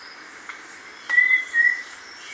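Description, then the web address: Yellow-breasted antpitta call: two level whistled notes, the second slightly shorter, against a constant background buzz of insects. Recorded in Ecuador. "Birds of Ecuador. Yellow-breasted Antpitta"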